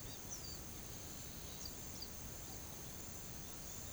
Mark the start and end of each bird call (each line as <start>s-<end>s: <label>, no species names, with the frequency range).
0.00s-0.65s: bird call (2.8-6.7 kHz)
1.57s-2.13s: bird call (3.6-7.0 kHz)